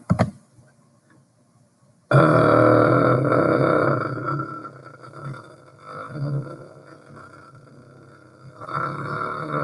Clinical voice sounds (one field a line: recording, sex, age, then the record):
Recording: vowel held as long as possible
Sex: male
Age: 20 to 29 years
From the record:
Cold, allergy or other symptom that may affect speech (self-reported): no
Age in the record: 22 years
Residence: Ohio, United States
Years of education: 16